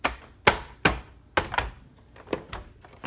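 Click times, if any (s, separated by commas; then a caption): 0.5 s, 0.9 s, 1.4 s. The plastic top cover of a BenQ W700 projector is pressed back onto the projector body. Sharp snaps are heard at 0.5, 0.9 and 1.4 seconds as its clips engage, along with a few softer taps. The cover is seated in place.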